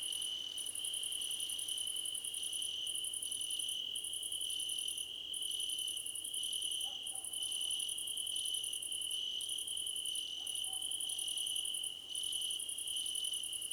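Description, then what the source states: Crickets chirp together: a continuous shrill tone beneath very high pulsed trills that break off roughly every second. Crickets in a choir competition.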